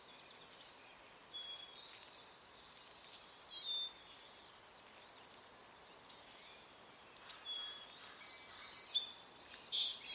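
Pacific tree frogs call in short bursts over a soft, steady outdoor hush. The high, chirping chorus starts and stops, with brief bouts near two and four seconds, then grows busier and more frequent over the last few seconds.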